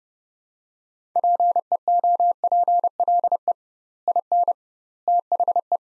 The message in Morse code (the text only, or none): PEOPLE IN THE